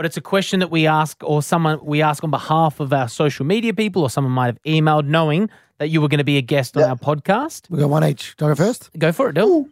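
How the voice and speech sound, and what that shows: Fluent, clear adult male conversational speech at an ordinary pace, ending in a brief exchange with another voice.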